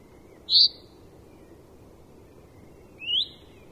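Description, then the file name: Common Chaffinch giving two short, high calls about two and a half seconds apart, the second sliding upward; faint steady background hiss. "Fringilla coelebs"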